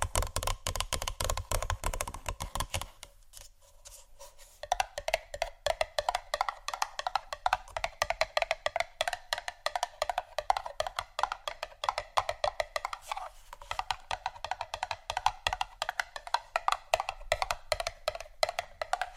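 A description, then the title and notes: Fast tapping on assorted objects, a dense run of sharp clicks and knocks spread over almost the whole clip. A low thud underlies the first three seconds, and a brief near-quiet gap follows before the quick, bright tapping resumes steadily. ASMR Fast Tapping ( Wood, Book, Metal, Etc. ) No Talking.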